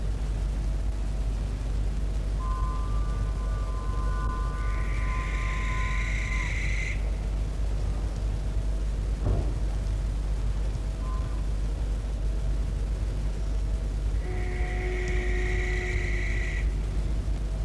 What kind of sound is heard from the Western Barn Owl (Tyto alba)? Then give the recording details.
flight call. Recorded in the wild. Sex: pair. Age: adult. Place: Klein-Neundorf, Lausitz, Sachsen, DE. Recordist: Meyer, Hugo. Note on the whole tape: Balzrufe im Flug